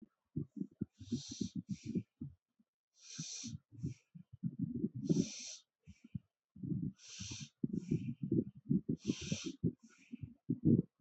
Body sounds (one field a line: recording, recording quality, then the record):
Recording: deep breathing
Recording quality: moderate, slight background noise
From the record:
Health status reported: healthy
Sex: male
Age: 39 years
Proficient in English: yes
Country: India